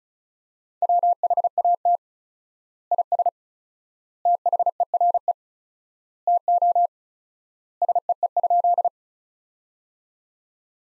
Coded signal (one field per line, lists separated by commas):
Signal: Morse code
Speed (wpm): 36 wpm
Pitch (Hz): 700 Hz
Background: none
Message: WHAT IS THERE TO SEE?